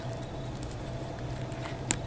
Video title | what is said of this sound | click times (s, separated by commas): # 17 Yankz Idiots Guide to Working Out | there we go and that locks that shoelace into place these aren't going anywhere this is virtually done | 1.9 s